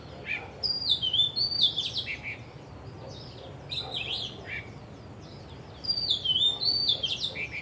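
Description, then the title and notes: Bird song in repeated bursts of sweeping high whistles and warbles, roughly every two to three seconds, with quiet hiss between phrases. Birds singing vigorously at Wu Kai Sha, Hong Kong, on 15 December 2006; recorded with AKG condenser microphones in XY stereo. "香港 烏溪沙 雀鳥勁唱歌 Date: 15 December 2006"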